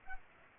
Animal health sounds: mosquito wingbeat signal from an infrared sensor; Culex pipiens

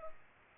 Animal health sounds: mosquito wingbeat signal from an infrared sensor; Culex pipiens

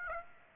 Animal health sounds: mosquito wingbeat signal from an infrared sensor; Aedes aegypti

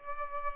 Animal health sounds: mosquito wingbeat signal from an infrared sensor; Aedes aegypti

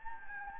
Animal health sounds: mosquito wingbeat signal from an infrared sensor; Anopheles gambiae

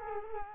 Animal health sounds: mosquito wingbeat signal from an infrared sensor; Culex quinquefasciatus

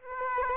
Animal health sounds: mosquito wingbeat signal from an infrared sensor; Aedes aegypti

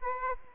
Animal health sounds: mosquito wingbeat signal from an infrared sensor; Aedes aegypti

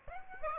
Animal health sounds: mosquito wingbeat signal from an infrared sensor; Aedes aegypti

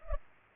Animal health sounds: mosquito wingbeat signal from an infrared sensor; Culex pipiens

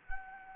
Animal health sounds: mosquito wingbeat signal from an infrared sensor; Anopheles gambiae

